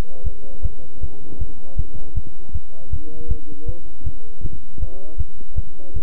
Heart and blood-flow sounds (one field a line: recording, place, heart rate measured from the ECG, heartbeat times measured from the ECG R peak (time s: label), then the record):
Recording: heart sounds by stethoscope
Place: between the tricuspid and mitral areas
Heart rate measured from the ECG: 158 bpm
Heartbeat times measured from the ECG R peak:
0.24 s: heartbeat
0.63 s: heartbeat
1.01 s: heartbeat
1.39 s: heartbeat
1.77 s: heartbeat
2.15 s: heartbeat
2.53 s: heartbeat
2.91 s: heartbeat
3.29 s: heartbeat
3.66 s: heartbeat
4.04 s: heartbeat
4.43 s: heartbeat
4.80 s: heartbeat
5.18 s: heartbeat
5.56 s: heartbeat
5.94 s: heartbeat
From the record:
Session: bicycle stress test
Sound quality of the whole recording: good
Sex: male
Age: 23 years